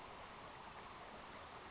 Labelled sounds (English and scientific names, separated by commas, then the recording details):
Western Flycatcher (Empidonax difficilis)
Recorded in Sonoma County, California